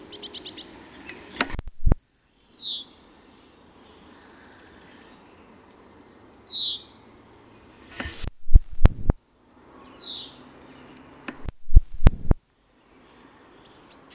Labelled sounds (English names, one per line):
Song Thrush song